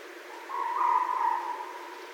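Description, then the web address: Red fox cry, a long level whining tone lasting over a second, slightly wavering, set against steady hiss. Recorded 31 December 2011. "Red Fox 2011 12 31 Red Fox"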